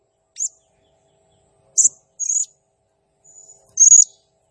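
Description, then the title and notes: Blue-crowned hanging parrot giving a few sparse, very high squeaky notes separated by pauses. Energetic, vigorous singing used as a masteran (training sound) and lure for other birds. "Burung Serindit Nembak Gacor. Suara Nasteran Dan Pemikat Burung Serinditan Gacor"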